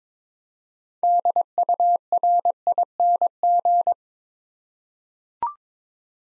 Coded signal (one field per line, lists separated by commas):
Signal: Morse code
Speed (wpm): 22 wpm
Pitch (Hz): 700 Hz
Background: none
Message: DURING